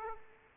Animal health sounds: mosquito wingbeat signal from an infrared sensor; Aedes aegypti

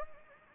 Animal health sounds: mosquito wingbeat signal from an infrared sensor; Anopheles gambiae

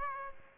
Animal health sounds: mosquito wingbeat signal from an infrared sensor; Aedes aegypti

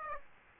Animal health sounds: mosquito wingbeat signal from an infrared sensor; Aedes aegypti

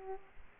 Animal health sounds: mosquito wingbeat signal from an infrared sensor; Aedes aegypti

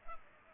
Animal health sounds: mosquito wingbeat signal from an infrared sensor; Culex pipiens

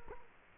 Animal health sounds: mosquito wingbeat signal from an infrared sensor; Culex quinquefasciatus

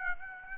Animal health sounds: mosquito wingbeat signal from an infrared sensor; Aedes aegypti

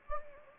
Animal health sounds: mosquito wingbeat signal from an infrared sensor; Anopheles gambiae

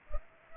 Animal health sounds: mosquito wingbeat signal from an infrared sensor; Culex pipiens

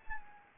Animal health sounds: mosquito wingbeat signal from an infrared sensor; Anopheles arabiensis

